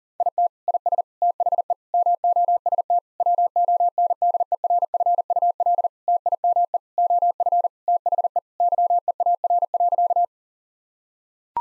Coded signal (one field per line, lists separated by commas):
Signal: Morse code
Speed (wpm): 40 wpm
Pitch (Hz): 700 Hz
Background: none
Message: IT IS THE MOST WONDERFUL TIME OF THE YEAR.